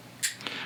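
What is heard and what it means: A multitool's 428C folding blade is opened one-handed and locks open in its handle. A brief bright burst of handling noise comes first, then two sharp clicks at 0.4 s and 0.5 s as the blade lock engages, and the blade is seated.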